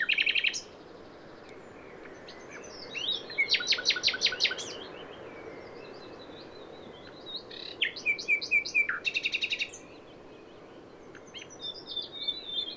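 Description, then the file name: Common nightingale delivering varied song phrases: rapid rattling bursts, whistled slurs and fast repeated notes separated by short pauses, over quiet background noise. "Luscinia megarhynchos"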